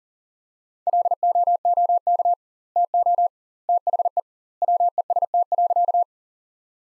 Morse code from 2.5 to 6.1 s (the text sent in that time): TO THE WEST.